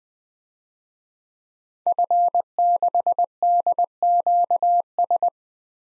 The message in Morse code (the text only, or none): F6DQS